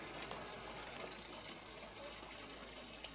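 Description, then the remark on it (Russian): A stall-keeper pulls Ichthyander's jacket out of a fountain: a steady, hissing wash of running water fills the whole stretch, with a few faint splashes and drips breaking through. “Ларёчник достает из фонтана пиджак Ихтиандра.”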